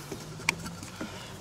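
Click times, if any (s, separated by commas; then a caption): 0.5 s. A replacement power window switch for a Chevy Traverse is pressed into the plastic door switch bezel, making one sharp click at 0.5 s over a low background hum. The switch locks into position in the bezel.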